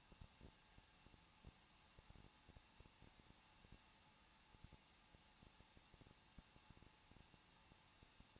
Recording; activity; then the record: daily activity, microphone in the room; no activity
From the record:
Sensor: 1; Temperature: 20.1 degrees Celsius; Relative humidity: 39.1%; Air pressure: 1006.5 hPa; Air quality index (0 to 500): 216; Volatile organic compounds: 74 ppm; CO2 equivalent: 3551 ppm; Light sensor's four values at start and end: 1/2/1/1 and 1/2/1/1